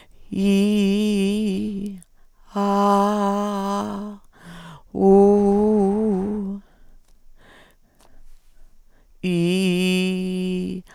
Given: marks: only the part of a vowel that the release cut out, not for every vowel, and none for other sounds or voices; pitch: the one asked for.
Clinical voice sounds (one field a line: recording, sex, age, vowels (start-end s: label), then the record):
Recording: sustained vowels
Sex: female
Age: 70 to 79 years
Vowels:
0.52-1.56 s: vowel /i/, high pitch
2.72-3.78 s: vowel /a/, high pitch
5.11-6.15 s: vowel /u/, high pitch
9.38-10.44 s: vowel /i/, low pitch
From the record:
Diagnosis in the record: recurrent laryngeal nerve paralysis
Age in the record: 72 years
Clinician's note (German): Links, strumiprive, geringe Restbeweglichkeit